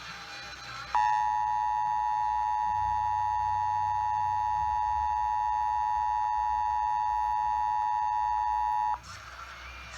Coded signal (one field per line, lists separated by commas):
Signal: Emergency Alert System (SAME) tones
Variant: 853 and 960 Hz attention tone